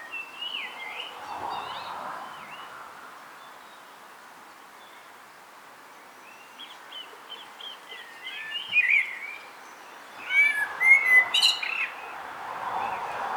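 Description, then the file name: Common blackbird giving soft whistled phrases over steady background noise, growing into louder, busy twittering near the end. "Turdus merula"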